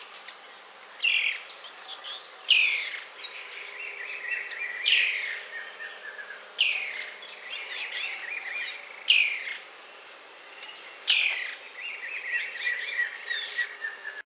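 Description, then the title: Half-collared Sparrow giving a complex phrase repeated a few times: high thin slurred notes, arching and falling, mixed with lower buzzy notes. "LuckyPassaro Completos2Sama. Half-collared Sparrow (Arremon semitorquatus)"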